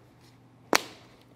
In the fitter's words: boom there it is so it snaps right in feels